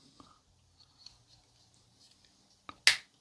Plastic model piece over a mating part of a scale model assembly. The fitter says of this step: Kind of snap into place there.